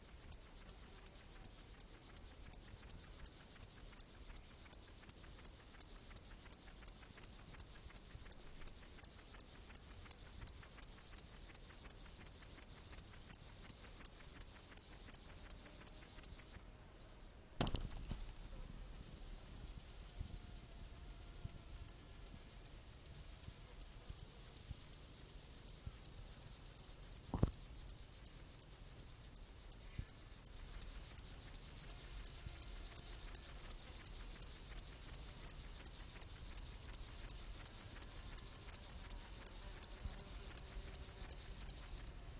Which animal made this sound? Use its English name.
Upland Field Grasshopper